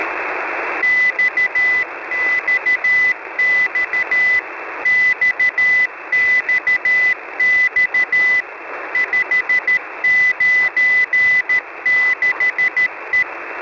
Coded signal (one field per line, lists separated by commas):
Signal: Morse code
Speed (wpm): 13 wpm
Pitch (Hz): 2000 Hz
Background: none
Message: XXX XXX 596E